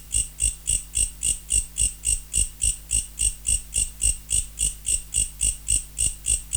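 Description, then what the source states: Mecopoda katydid song: loud rhythmic rasps repeating about three to four times a second in a steady even train, accompanied by a faint low hum. Recorded in November.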